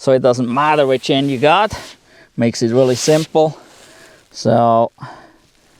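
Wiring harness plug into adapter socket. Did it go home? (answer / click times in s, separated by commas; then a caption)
no / none. Someone talks while handling a small wiring harness, with identical plugs on both ends, for a dash screen with Android Auto and Apple CarPlay on a Tesla Model 3 and Y. One end is about to be plugged into its adapter socket, with only faint handling noise near the end. The clip stops before the plug goes in, so nothing has seated or clicked yet.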